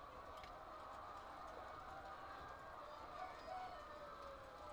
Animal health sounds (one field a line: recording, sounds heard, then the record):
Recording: poultry house recording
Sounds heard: healthy chickens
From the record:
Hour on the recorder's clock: 8